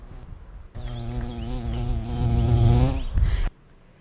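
Carpenter bee droning in a low, gradually strengthening buzz that stops abruptly.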